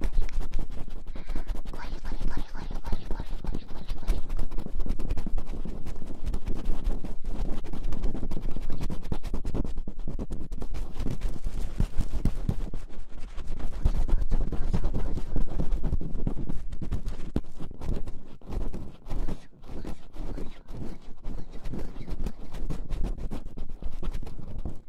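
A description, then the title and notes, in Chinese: Ear massage and ear cleaning: dense, continuous rubbing and scratching, heavy in the low end and full of quick crackly ticks. A soft airy hiss rises early on, and the level stays steady apart from a brief dip near twenty seconds. 耳朵按摩+吹气+掏耳。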